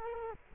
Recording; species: mosquito wingbeat signal from an infrared sensor; Culex quinquefasciatus